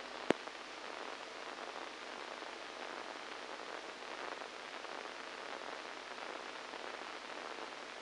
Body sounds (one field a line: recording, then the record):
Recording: brain microelectrode recording played as sound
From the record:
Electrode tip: inside the subthalamic nucleus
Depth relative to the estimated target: -4 mm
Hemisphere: right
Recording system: NeuroSet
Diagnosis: Parkinson's disease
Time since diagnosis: 7 years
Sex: male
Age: 69 years